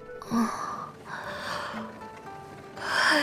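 A drawn-out, breathy yawn from a single voice, with a soft tonal moan rising and falling over several swells, ending in a louder, higher airy exhale.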